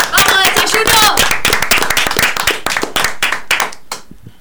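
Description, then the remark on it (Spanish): The hosts of Desayuno de Campeones clap for themselves at the end of the first season's last programme: a quick, uneven burst of hand claps from a few people that starts loud and gradually thins out, with some brief voices and laughter mixed in near the start. “Vamos a aplaudirnos a nosotros mismos.”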